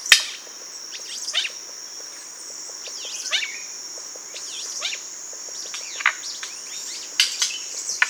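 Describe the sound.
Birds calling often, quick downward slurred chirps and short notes scattered throughout, with a constant shrill insect hum behind them.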